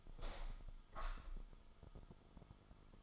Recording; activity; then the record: daily activity, microphone in the room; open window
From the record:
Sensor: 5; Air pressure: 1004.8 hPa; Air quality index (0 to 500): 83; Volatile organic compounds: 2 ppm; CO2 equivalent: 995 ppm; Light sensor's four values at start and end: 34/79/32/31 and 34/79/32/31